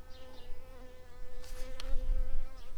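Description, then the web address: Shrill carder bee buzz, a steady droning hum with a ladder of harmonics that holds throughout, interrupted by a brief scratchy noise burst midway. Worker bumblebees. "bumblebees Sylvarum-workers"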